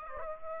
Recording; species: mosquito wingbeat signal from an infrared sensor; Aedes aegypti